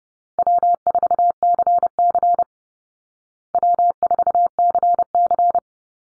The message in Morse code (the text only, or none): W4CC W4CC